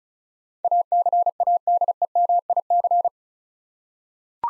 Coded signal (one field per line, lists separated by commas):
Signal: Morse code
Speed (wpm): 36 wpm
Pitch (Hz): 700 Hz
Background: none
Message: ACADEMIC